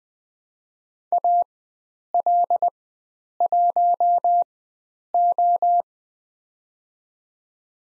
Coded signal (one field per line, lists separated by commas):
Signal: Morse code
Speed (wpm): 20 wpm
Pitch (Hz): 700 Hz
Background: none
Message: AL1O